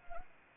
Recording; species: mosquito wingbeat signal from an infrared sensor; Anopheles arabiensis